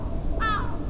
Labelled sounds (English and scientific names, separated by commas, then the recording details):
Lesser Black-backed Gull (Larus fuscus)
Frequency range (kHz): Lesser Black-backed Gull (Larus fuscus) 0.8-6.1 kHz
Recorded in France